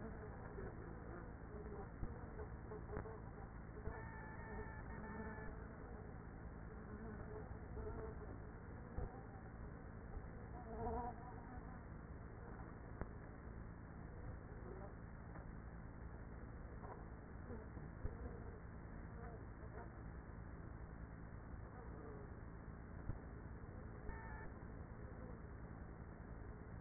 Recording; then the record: honeybee colony, microphone inside the hive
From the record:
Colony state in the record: queenless with a low population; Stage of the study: after two queens were removed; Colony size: about 30,000 bees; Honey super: no